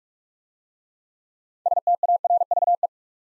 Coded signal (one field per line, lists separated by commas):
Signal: Morse code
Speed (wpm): 44 wpm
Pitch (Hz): 700 Hz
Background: none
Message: STARVE